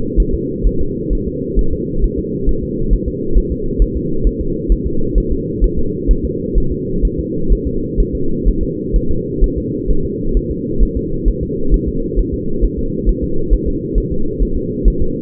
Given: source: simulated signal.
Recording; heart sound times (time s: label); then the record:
fetal heart sounds
0.20 s: S1
0.34 s: S2
0.66 s: S1
0.81 s: S2
1.13 s: S1
1.27 s: S2
1.59 s: S1
1.73 s: S2
2.04 s: S1
2.19 s: S2
2.49 s: S1
2.63 s: S2
2.93 s: S1
3.08 s: S2
3.38 s: S1
3.52 s: S2
3.82 s: S1
3.96 s: S2
4.27 s: S1
4.41 s: S2
4.72 s: S1
4.87 s: S2
5.18 s: S1
5.32 s: S2
5.64 s: S1
5.79 s: S2
6.11 s: S1
6.25 s: S2
6.58 s: S1
6.72 s: S2
7.05 s: S1
7.19 s: S2
7.52 s: S1
7.67 s: S2
8.00 s: S1
8.15 s: S2
8.48 s: S1
8.63 s: S2
8.96 s: S1
9.11 s: S2
9.44 s: S1
9.58 s: S2
9.90 s: S1
10.05 s: S2
10.37 s: S1
10.51 s: S2
10.83 s: S1
10.97 s: S2
11.28 s: S1
11.43 s: S2
11.74 s: S1
11.88 s: S2
12.19 s: S1
12.34 s: S2
12.64 s: S1
12.79 s: S2
13.09 s: S1
13.24 s: S2
13.53 s: S1
13.68 s: S2
13.98 s: S1
14.12 s: S2
14.42 s: S1
14.57 s: S2
14.88 s: S1
15.02 s: S2
From the record:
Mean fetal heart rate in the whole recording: 130 bpm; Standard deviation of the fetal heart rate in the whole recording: 2 bpm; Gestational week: 36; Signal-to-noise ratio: -8.1 dB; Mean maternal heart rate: 72 bpm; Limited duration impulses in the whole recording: absent